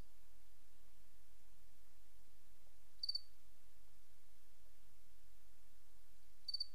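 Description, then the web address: Cricket chirps, two short pulsed bursts a few seconds apart, otherwise near silence with low background hum. "Sabda Alam Crickets"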